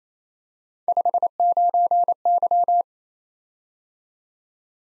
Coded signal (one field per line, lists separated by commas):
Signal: Morse code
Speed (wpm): 27 wpm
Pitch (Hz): 700 Hz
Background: none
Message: 59Y